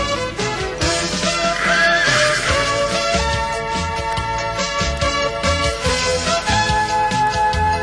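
A horse whinnies with a rising, shaky neigh, set against steady, busy music that plays loudly throughout.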